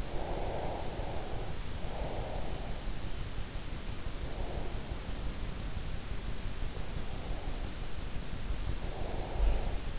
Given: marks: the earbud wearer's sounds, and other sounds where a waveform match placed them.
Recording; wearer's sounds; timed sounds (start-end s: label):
sounds in sleep by an in-ear microphone; breath
0.00-2.40 s: breath
4.23-5.03 s: breath
8.80-9.77 s: breath